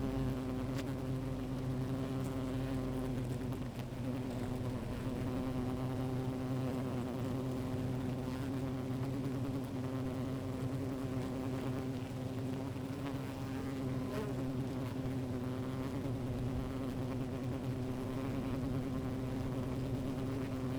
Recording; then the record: honeybee colony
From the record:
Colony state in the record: active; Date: 28 July 2017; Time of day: 13:51